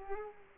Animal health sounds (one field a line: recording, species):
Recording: mosquito wingbeat signal from an infrared sensor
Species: Culex quinquefasciatus